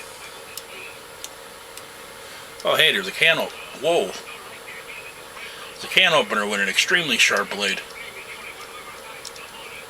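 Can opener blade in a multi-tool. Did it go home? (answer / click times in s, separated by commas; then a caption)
no / none. The can opener blade of a multi-tool is handled and opened toward its locked position while someone talks, with a few brief, faint ticks. The blade has not locked yet, and nothing has seated or clicked by the end of the clip.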